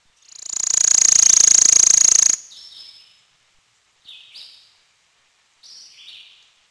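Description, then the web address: Worm-eating warbler with a high, rapid, buzzy trill of about two seconds, then several brief soft lower call notes at intervals. "Peterson North American Birds. wewa"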